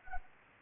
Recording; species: mosquito wingbeat signal from an infrared sensor; Anopheles arabiensis